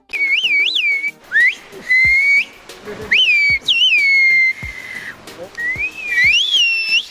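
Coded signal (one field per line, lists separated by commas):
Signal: whistled language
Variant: Turkish Kuş dili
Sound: loud gliding whistles rising and falling in pitch, phrases with short pauses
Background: faint background hum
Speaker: bu lingvistikalıq turid turkining isqirq berik formasi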